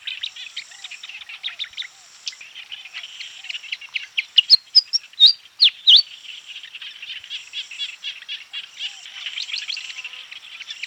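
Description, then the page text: Pied fantail song, a brief burst of loud, squeaky whistled notes in the middle, set against a busy background of soft chattering chirps. "Pied Fantail Song. Quick Sounds library"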